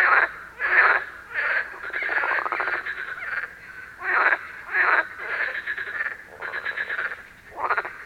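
Frog croaking, loud pulsed rattling bursts repeated roughly every half second to second.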